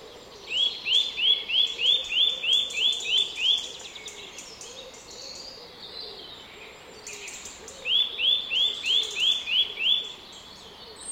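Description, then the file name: Eurasian nuthatch giving fast series of clear whistled notes, about nine in a row, then a pause and another run of about seven, over soft background hiss. "Sitta europaea"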